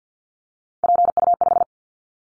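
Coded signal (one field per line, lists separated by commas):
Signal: Morse code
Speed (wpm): 50 wpm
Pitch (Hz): 700 Hz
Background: none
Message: PU5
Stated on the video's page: Callsign prefixes of the top 100 DXCC entities sent at 50 wpm as a head-copy drill; each prefix is sent, spoken, then sent again.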